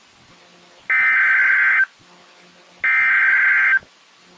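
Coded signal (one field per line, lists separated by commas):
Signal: Emergency Alert System (SAME) tones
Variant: header bursts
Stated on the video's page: Local Area Emergency road closure alert relayed on NOAA Weather Radio by the National Weather Service at a county sheriff's office request.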